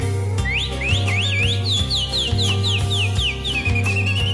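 A mockingbird's whistled song of quick rising and falling swoops, repeated in a steady run and ending on a long level note, over a loud, rhythmic musical backing.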